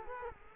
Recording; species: mosquito wingbeat signal from an infrared sensor; Culex quinquefasciatus